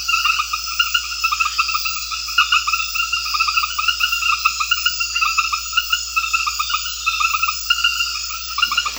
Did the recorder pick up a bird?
no